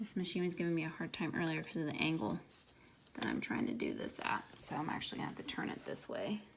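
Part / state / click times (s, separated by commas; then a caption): bobbin case into sewing machine bobbin shaft / not seated / none. Someone talks while handling a threaded metal bobbin case that is to be pushed onto the bobbin shaft of a sewing machine, with the machine being turned to a better angle because the earlier angle was awkward. There is a brief quiet pause around 2.3 to 3.2 seconds between stretches of talk. Nothing has seated or clicked yet when the clip ends.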